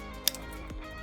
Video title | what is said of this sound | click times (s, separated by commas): Yamaha Jetboat - Hydrophase Ridesteady Install | and then it'll click right in | 0.3 s